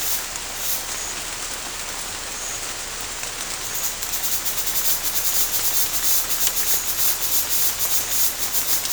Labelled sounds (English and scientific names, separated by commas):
none